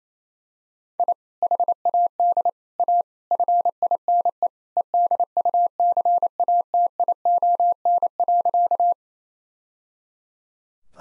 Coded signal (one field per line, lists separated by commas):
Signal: Morse code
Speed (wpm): 27 wpm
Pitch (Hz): 700 Hz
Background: none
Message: I HAD A FINE EDUCATION.